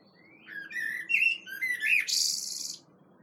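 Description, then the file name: Common blackbird song: flowing fluty notes sliding up and down, ending in a prolonged high, hissy twitter. "Turdus merula"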